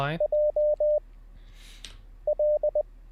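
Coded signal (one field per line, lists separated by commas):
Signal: Morse code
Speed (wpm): 20 wpm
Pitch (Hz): 600 Hz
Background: speech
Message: JL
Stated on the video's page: Live Morse code learning session, beginner CW practice.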